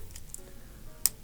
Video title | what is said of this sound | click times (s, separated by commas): Pagani Design PD-1644, ça vaut le coup en 2025 ?!!! | là on entend bien le clip ça pas de souci | 1.1 s